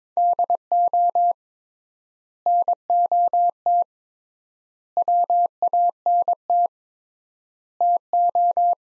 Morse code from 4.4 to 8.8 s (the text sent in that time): WANT TO